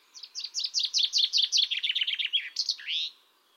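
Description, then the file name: Common chaffinch song: a long run of quick chipping notes dropping slightly in pitch, then a sharp, emphatic terminal flourish to finish. "Fringilla coelebs"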